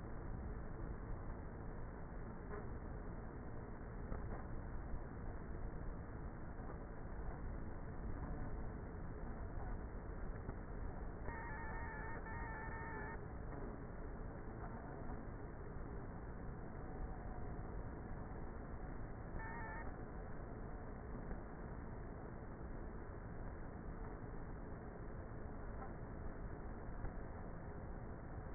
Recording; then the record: honeybee colony, microphone inside the hive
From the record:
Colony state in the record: queenless with a low population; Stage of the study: before two queens were removed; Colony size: about 30,000 bees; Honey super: no